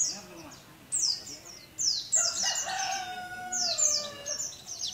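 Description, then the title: Oriental white-eye giving high, descending twittery notes in short bursts while a rooster crows in the background. Bali variety, singing a continuous rolling song style (ngerol), in vigorous full voice (gacor). "Pleci Dakun Bali"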